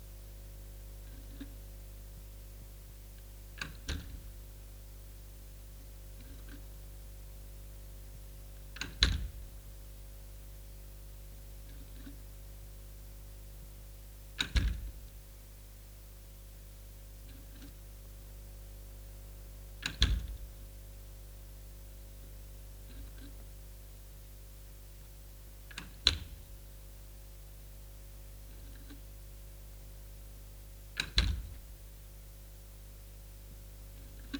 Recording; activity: daily activity, guitar pickup as the sensor; manipulate door